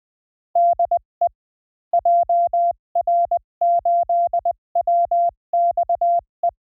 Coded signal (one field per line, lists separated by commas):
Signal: Morse code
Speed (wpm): 20 wpm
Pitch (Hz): 690 Hz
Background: none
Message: DE JR8WXE